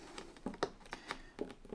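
A Dell Mobile Precision 5470 (2023) laptop's plastic/metal bottom cover is pried off along the front edge, its snap clips releasing from the chassis one after another. Several sharp ticks and snaps are heard, with the loudest click at 0.6 s as a cover clip pops loose and releases.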